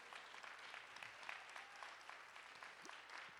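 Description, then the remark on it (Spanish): A church audience at a morning service applauds for the Lord steadily, a dense crackle of many hands clapping at once, sustained and even for the whole stretch with no voices standing out. “¿Cuánto le da un aplauso poderoso al Señor?”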